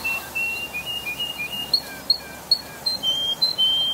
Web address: Bird Songs Canary